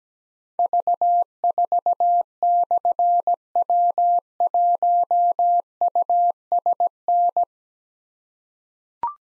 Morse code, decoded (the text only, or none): V4/W1USN